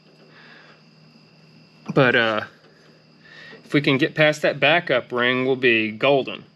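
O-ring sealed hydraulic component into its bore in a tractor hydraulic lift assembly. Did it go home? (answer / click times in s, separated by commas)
no / none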